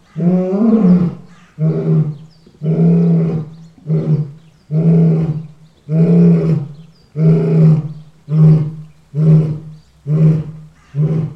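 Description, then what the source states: Lion roaring in a long series of deep, grunting bursts, about eleven short roars with brief pauses. Loud roar.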